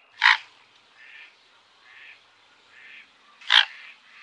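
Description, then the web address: Mute swan calls: two loud, harsh nasal honks about three seconds apart, with softer hoarse notes between them. "Faglar Sound Knolsvan"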